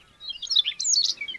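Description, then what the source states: Siberian rubythroat singing a fast jumble of high chirps, twitters and whistles over a very quiet background. Teuri Island, Hokkaido, Japan.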